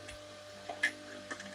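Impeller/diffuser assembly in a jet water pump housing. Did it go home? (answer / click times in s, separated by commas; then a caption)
no / none. During reassembly of a jet water pump, the impeller and diffuser assembly is slowly tightened by hand in the pump housing. A few short, light ticks sound over a steady low hum, the sharpest near 0.8 s and a softer one near 1.3 s. The part has not seated or locked in place yet.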